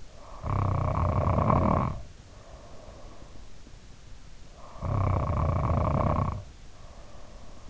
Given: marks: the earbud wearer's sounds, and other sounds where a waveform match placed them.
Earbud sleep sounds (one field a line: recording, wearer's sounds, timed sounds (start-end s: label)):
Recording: sounds in sleep by an in-ear microphone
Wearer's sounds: snoring breath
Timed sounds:
0.09-3.26 s: snoring breath
4.39-7.70 s: snoring breath